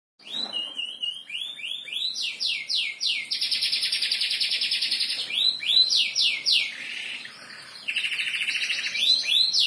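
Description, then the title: Atlantic canary song: quick runs of repeated swooping notes alternating with buzzy trills. "Kenari"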